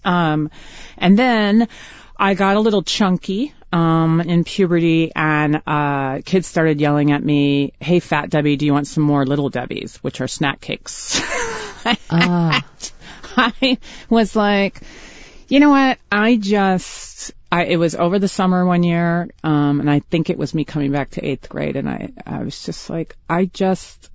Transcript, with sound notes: And then I got a little chunky in puberty. And kids started yelling at me, hey, fat Debbie, do you want some more Little Debbies, which are snack cakes.
Oh.
(Laughter) I was like, you know what? It was over the summer one year. And I think it was me coming back to eighth grade. And I was just like,